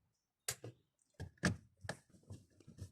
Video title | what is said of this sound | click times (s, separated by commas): How To Install A Kill Switch - VW Golf/Jetta Mk5 | foot well connector should just click right in as well | 0.5 s